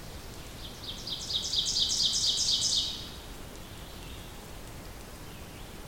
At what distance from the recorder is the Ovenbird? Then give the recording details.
about 20 m. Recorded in boreal forest in Alberta, Canada, on 2 June 2016 at 08:20. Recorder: SongMeter 3, array SBT-3-7. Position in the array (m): 23 m, 135 m. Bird 4